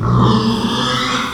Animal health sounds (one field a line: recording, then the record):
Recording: squeal of a Yucatan mini pig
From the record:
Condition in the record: after surgery on the right vocal fold (resection and tissue-engineered implant)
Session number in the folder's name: 16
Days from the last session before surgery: 183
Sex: female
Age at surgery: 19 weeks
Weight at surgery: 25 kg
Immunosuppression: prednisolone